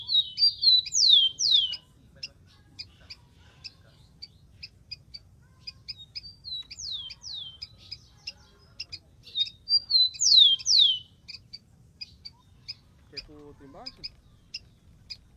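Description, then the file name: Rufous-collared sparrow singing three times, each phrase a short level whistle then falling slurred whistles, with persistent high chips between phrases and a brief lower sound near the end. "canto do tico tico"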